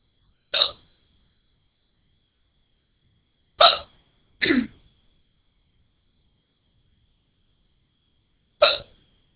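Four short, abrupt hiccups from an adult in about nine seconds, at irregular intervals, roughly 25 a minute. Each is a sharp gulping catch of breath with a clipped vocal sound, separated by silence. These are ordinary hiccups, from sudden involuntary diaphragm spasms closing the vocal cords.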